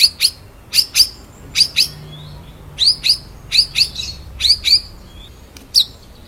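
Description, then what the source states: White-rumped shama song: sharp, high chipping notes in quick pairs, repeated roughly every second, with short gaps between bursts. Full rolling song, used as a training song (masteran) for songbirds.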